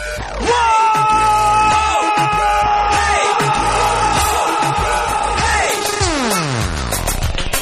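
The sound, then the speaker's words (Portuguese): A loud, dense roar of a concert crowd shouting and cheering with hands raised, with rising and falling whoops and yells blending together into a sustained wall of voices for several seconds. “Põe a mãozinha pra cima e grita!”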